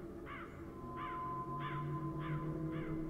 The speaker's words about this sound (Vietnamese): Đầu đó có bầy quạ bay về đậu trên cây gạo ngay đầu làng, kêu lên những tiếng thẳng thốt. Có lẽ mặc dù là xác người thì được dọn đi, thế nhưng mùi tử khí vẫn còn lưu lại, dẫn dụ bảy quạ về đây.